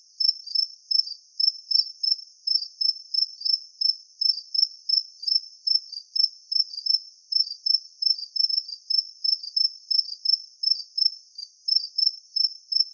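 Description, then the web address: Crickets chirping, high-pitched pulsed chirps repeated rapidly throughout, with no other sounds. "Open Valley. crickets"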